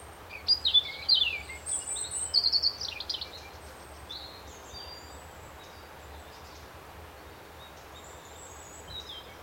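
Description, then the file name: European robin: a short burst of sharp, high twittering and slurred whistles in the first three seconds, followed by quieter scattered notes and hiss. "Erithacus rubecula"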